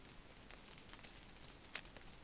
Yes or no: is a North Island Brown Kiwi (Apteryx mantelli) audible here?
no